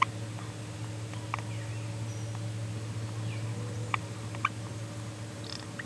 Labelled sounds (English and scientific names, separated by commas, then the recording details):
Green-rumped Parrotlet (Forpus passerinus) babbling
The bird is a male
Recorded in a nest box in Venezuela
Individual 17B42A3